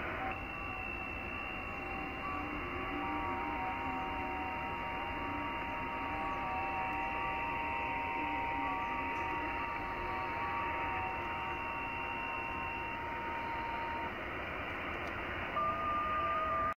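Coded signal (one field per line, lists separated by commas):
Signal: FT8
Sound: steady receiver hiss with several faint warbling tones; a clear tone begins near the end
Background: radio static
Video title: YI3HWR, IRAQ Middle East, 14MHz, FT8, Worked by HL2WA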